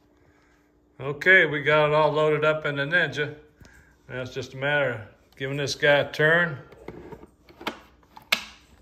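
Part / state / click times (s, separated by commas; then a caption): outer bowl into ice cream machine mount / seated / 8.3 s. Someone talks, then the outer bowl holding the frozen pint is turned in the bowl mount of a Ninja Creami Deluxe 11-in-1 ice cream machine, with a few small clicks before the bowl rises and locks into place with a sharp click at 8.3 s.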